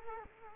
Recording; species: mosquito wingbeat signal from an infrared sensor; Culex quinquefasciatus